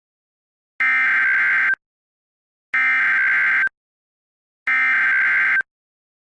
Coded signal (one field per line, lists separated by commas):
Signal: Emergency Alert System (SAME) tones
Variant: header bursts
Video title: The Gloomo Hotel Disaster | An EAS Scenario